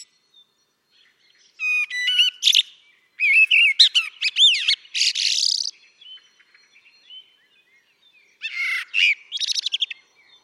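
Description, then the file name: Common blackbird song: warbling phrases of varied whistles and squeaky twitters, a pause, then a shorter twittered phrase. "Turdus merula"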